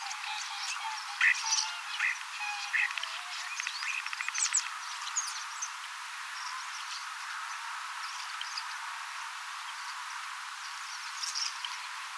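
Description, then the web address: Common starling song, scattered whistles and clicking rattles in the first seconds, then softer, sparser chatter with a brief burst near the end. Young starlings singing and practising song, mimicking several other species a little; 18 October 2024. "paivat 18 10 2024 kasittaakseni kottaraisnuoret laulavat lauluharjoittelevat useita lajeja matkivat hiukan"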